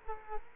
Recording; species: mosquito wingbeat signal from an infrared sensor; Culex quinquefasciatus